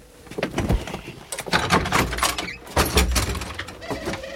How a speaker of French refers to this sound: Qu'est-ce qu'elle a, cette porte? À coincer comme ça.